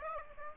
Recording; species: mosquito wingbeat signal from an infrared sensor; Aedes aegypti